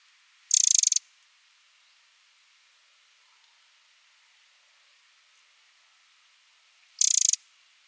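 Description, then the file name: Eurasian wren call: two brief, dry, high bursts several seconds apart, with quiet background hiss between. "Troglodytes troglodytes"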